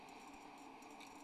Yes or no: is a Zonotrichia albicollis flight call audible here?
no